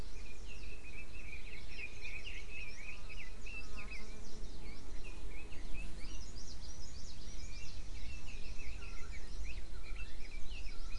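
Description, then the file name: Birds calling, many short swooping and chirped notes overlapping from several callers, over a constant loud low rumbling noise. "mainly bird"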